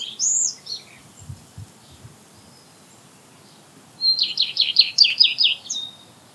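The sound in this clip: Redstart song, a brief high opening note, then after a pause a fast jingling trill of repeated high notes running about two seconds, with faint low sounds underneath.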